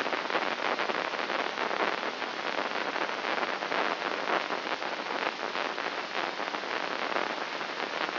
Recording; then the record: brain microelectrode recording played as sound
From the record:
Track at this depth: inside the subthalamic nucleus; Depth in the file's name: 5.229 mm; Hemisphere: left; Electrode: 3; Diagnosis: Parkinson's disease